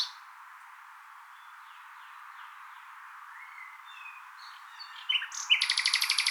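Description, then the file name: Common nightingale song: mostly quiet with faint soft whistles, then a loud, fast pulsing trill bursts in during the final second. "Luscinia megarhynchos"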